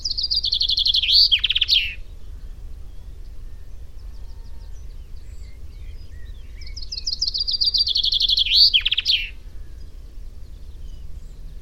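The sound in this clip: Common chaffinch singing twice, each a rattling descending trill ending in an emphatic flourish, with a quiet low hum beneath.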